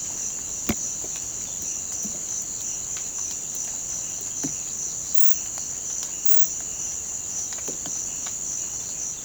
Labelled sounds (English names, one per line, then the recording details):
none
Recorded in pastures near Puerto Asís, Putumayo, Colombia, on 30 June 2025 at 05:30
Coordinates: 0.472, -76.331
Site G095